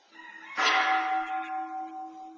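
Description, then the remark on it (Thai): A single bell is struck during meditation practice, giving a bright metallic clang that settles into a long, humming ring with a slow, pulsing waver as it fades. No one speaks. “ฟังเสียงระฆังแล้วดูสิจิตไหวไหม”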